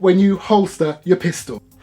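An airsoft pistol is being handled at a polymer retention holster while someone talks. No click has happened yet and nothing has seated in the holster. Only a brief rise in sound comes right at the very end.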